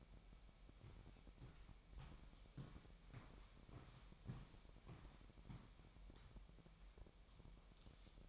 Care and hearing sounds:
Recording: daily activity, microphone in the room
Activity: walk to room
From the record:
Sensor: 1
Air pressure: 1012.2 hPa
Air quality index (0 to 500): 203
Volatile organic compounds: 4 ppm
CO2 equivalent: 1631 ppm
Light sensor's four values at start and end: 77/185/78/82 and 75/178/76/80

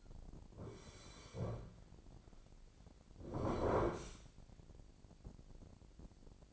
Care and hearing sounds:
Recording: daily activity, microphone in the room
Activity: sit down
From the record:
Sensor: 5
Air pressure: 1009.3 hPa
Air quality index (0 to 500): 156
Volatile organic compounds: 2 ppm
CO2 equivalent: 1196 ppm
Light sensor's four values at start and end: 228/548/232/251 and 231/556/235/255

